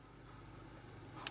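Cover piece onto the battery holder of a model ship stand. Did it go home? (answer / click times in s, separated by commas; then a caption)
yes / 1.3 s. The magnetic cover piece of a model ship's display stand is pressed onto the top of its plastic battery holder against a steady low background hum. A single short, sharp click comes at 1.3 s as the cover clicks into place and seats.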